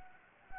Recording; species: mosquito wingbeat signal from an infrared sensor; Anopheles arabiensis